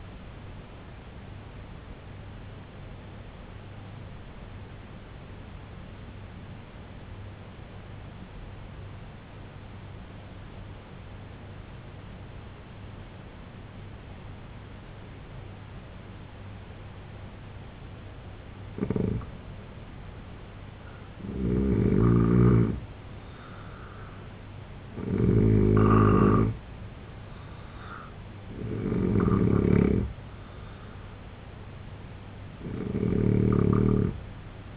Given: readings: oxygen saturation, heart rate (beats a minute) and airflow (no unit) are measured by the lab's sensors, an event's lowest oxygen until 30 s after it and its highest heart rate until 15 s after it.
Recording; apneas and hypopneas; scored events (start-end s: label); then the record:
breathing in sleep by a voice recorder at the bedside; 1
3.00-20.00 s: obstructive apnea (N3, oxygen 95% highest, then 84% lowest, heart rate 69 at the start, 79 highest)
From the record:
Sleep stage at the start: N3 (deep sleep); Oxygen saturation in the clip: 82 to 95%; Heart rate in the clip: 69 to 79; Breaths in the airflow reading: 5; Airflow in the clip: -4.4 to 6.3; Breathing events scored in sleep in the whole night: 258 in 7.4 hours asleep